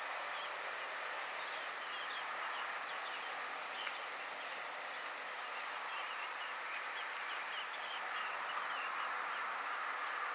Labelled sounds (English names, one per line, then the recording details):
Dunlin
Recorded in France